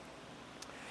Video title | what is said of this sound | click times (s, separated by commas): etrailer - Test Fitting the Benton Shifts&Grins Bike Rack on a 2024 Mazda CX-50 | We just need to come down, brace it, and lift against it until we hear that click. | 0.6 s